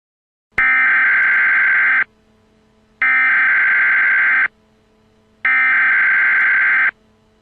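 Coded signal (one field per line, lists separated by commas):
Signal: Emergency Alert System (SAME) tones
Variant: header bursts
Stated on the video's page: Fictional EAS scenario.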